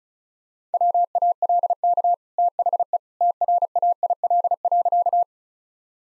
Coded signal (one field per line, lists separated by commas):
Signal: Morse code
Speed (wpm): 34 wpm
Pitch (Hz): 700 Hz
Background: none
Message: WALK THE TRAIL.